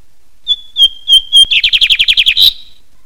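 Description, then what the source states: Lined seedeater song: four clear, level whistled notes, then a fast buzzy trill of rising-and-falling notes ending in a brief burry flourish. Song style called "bigode".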